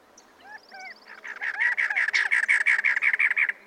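Cactus wren song, a rapid series of scratchy, harsh notes, preceded by a few short slurred whistled notes.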